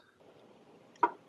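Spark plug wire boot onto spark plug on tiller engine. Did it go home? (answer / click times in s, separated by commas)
yes / 1.0 s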